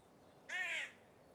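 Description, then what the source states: Crow giving a single short, harsh, hoarse caw against quiet background noise. Countryside atmosphere recording.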